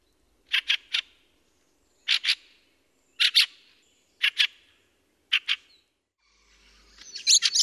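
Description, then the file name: Fieldfare calling, harsh paired 'chack-chack' notes repeated about once a second, five pairs, then a burst of squeakier chatter at the end. "wacholderdrossel"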